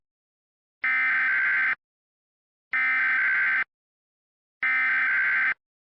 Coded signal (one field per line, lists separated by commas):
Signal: Emergency Alert System (SAME) tones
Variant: header bursts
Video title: EAS mock: Rubber Room